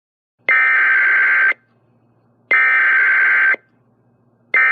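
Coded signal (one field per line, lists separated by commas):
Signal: Emergency Alert System (SAME) tones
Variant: header bursts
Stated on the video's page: Fictional EAS test made for analog horror.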